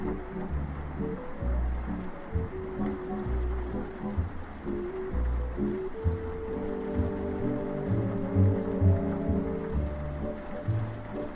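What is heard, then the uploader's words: Oldies music plays in another room, sounding muffled with the treble dulled. Thumping bass notes and sustained mid tones carry a steady, rhythmic pattern throughout, with the level staying fairly even and a soft hiss underneath. Oldies music playing in another room and it's raining.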